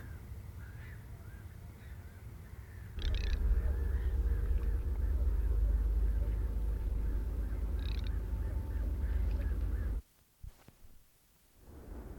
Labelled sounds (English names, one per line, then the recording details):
Garganey call
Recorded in the wild
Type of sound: call
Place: Bergen, Insel Rügen, Mecklenburg-Vorpommern, DE
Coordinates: 54.44, 13.46
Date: 1970-05-14
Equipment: Nagra III BH, Sennheiser MD 21, parabola
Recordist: Schubert, Michael
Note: See Ossen bei Bergen: Knäkerpel